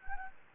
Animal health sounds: mosquito wingbeat signal from an infrared sensor; Anopheles gambiae

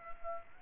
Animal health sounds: mosquito wingbeat signal from an infrared sensor; Culex pipiens

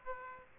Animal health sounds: mosquito wingbeat signal from an infrared sensor; Aedes aegypti

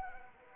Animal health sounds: mosquito wingbeat signal from an infrared sensor; Anopheles arabiensis

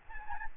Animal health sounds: mosquito wingbeat signal from an infrared sensor; Aedes albopictus

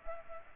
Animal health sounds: mosquito wingbeat signal from an infrared sensor; Culex pipiens

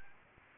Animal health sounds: mosquito wingbeat signal from an infrared sensor; Aedes aegypti

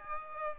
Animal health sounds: mosquito wingbeat signal from an infrared sensor; Aedes aegypti

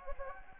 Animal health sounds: mosquito wingbeat signal from an infrared sensor; Anopheles gambiae

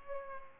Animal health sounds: mosquito wingbeat signal from an infrared sensor; Culex pipiens

